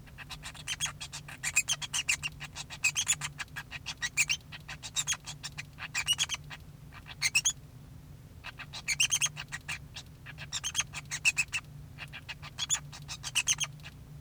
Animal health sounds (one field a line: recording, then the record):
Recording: song of a male Bengalese finch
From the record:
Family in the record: son of father 2